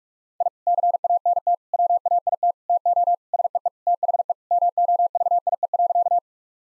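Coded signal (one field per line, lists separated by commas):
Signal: Morse code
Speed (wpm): 46 wpm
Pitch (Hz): 700 Hz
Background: none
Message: I CANT WAIT TO SEE THE MOVIE.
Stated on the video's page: Morse practice sentences of common three-word phrases at 45 wpm, each sent, spoken, then sent again.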